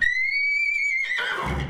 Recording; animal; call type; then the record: contact call of a hoofed animal; horse; whinny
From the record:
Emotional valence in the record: negative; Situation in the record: group separation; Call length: 1.69 s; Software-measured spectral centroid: 2370 Hz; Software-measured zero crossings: 3790 a second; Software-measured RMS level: -24 dBFS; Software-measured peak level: -11 dBFS